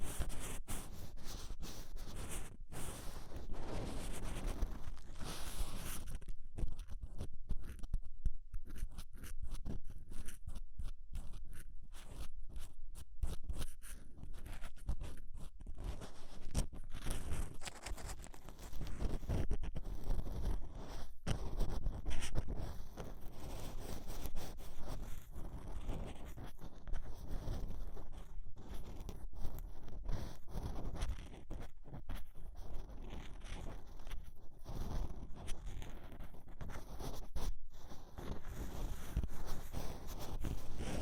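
Ear cleaning sounds with rhinestones and clay being picked away, a dense run of tiny crackling, scraping and crunching textures that never stops. Between about 6 and 17 seconds the scratching turns into rapid, choppy bursts, then settles back into a steady, busy crackle.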